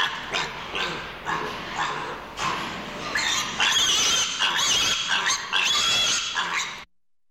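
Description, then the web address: Pigs grunting and squealing in a noisy jumble of rough snorts and higher shrieks, growing louder midway, then ending abruptly. "pig grunting squealing animal"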